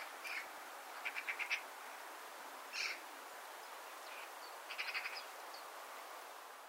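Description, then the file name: Eurasian magpie making quiet, dry rattling chatters of quick clicking notes, with a harsh rasp between the two rattles. "Pica pica"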